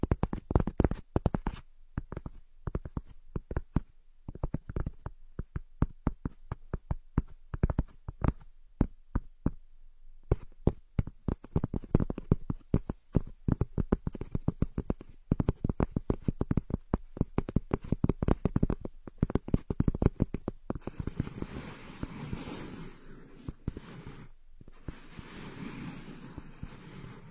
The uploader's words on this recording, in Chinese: 姐姐抠耳朵催眠2（声控助眠）。